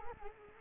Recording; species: mosquito wingbeat signal from an infrared sensor; Culex quinquefasciatus